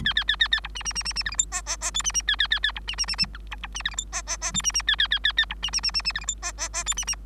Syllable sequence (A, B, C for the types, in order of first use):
A A A A A B C C C C C D E F G G G H C C A A A A B C C C C I B B C D E F G G G H C C A A A A A B C C C C C D E F G G G H C C